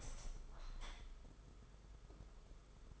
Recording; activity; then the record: daily activity, microphone in the room; open window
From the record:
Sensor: 5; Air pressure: 991.4 hPa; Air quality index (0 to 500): 102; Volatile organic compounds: 19 ppm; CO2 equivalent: 2645 ppm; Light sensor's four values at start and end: 38/124/47/50 and 38/124/47/50